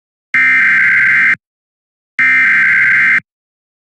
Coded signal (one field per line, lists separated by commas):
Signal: Emergency Alert System (SAME) tones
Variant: header bursts